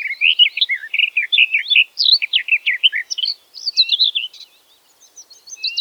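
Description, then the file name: Garden warbler delivering a sustained, rambling warble of quick notes, breaking off briefly before a final short phrase. "tuinfluiter zang"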